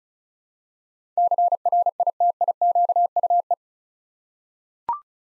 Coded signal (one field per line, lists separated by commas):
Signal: Morse code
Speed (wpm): 36 wpm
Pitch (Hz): 700 Hz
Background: none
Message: CRITIQUE